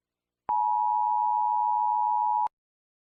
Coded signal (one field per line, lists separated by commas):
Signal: Emergency Alert System (SAME) tones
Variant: 853 and 960 Hz attention tone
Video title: EAS Scneario 5: Hazbin Hotel Horror Mayhem III